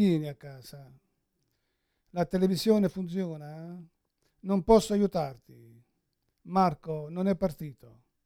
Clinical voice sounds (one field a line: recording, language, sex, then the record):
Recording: read phrases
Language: Italian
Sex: male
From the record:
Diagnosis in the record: Parkinson's disease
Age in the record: 71 years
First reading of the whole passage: 60 s, 8.7 characters per second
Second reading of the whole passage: 57 s, 9.1 characters per second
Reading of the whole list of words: 54 s, 5.3 characters per second